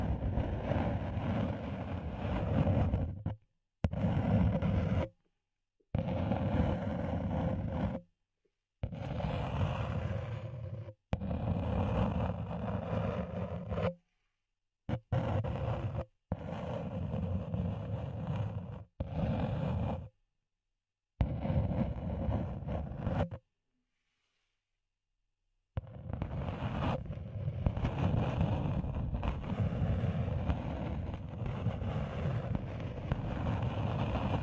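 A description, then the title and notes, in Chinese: Ear cleaning with no talking: dense, muffled rubbing and scratching that stays fairly steady and low-heavy within each stretch. The sound stops dead several times, with short silent breaks and a longer silence around 21 to 25 seconds before resuming. 无人声采耳助眠。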